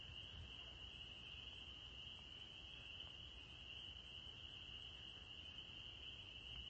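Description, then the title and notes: Spring peepers calling together as a continuous piercing high whine of countless blended peeps, unchanging throughout, over faint low-frequency background rumble. Evening chorus in spring, 9 April 2021; the peepers have just returned. "April 9, 2021. the spring peepers have returned! I’ve recorded their evening symphony"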